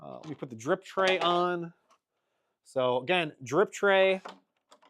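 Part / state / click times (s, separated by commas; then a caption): plastic drip tray onto the front of a resin 3D printer / not seated / none. Someone talks while a plastic drip tray is handled and pushed toward the front of an Elegoo Saturn 4 or Saturn 4 Ultra resin 3D printer, below the build plate. Nothing has seated or clicked yet; the clip ends just before the tray snaps home.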